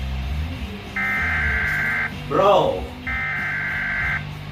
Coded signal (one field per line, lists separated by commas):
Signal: Emergency Alert System (SAME) tones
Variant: header bursts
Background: speech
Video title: EAS 106-128: FIRST TIME TORNADO WARNING ON MY WEATHER RADIO (+Alert Ready TORNADO WARNING)